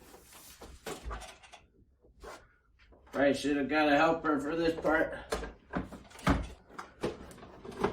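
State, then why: Seated. A large Dell UltraSharp 38-inch curved monitor panel is lowered and pushed onto its stand's mounting bracket while someone talks. Several knocks are heard before a final sharp hit at 7.8 s as the panel snaps into place and latches onto the stand.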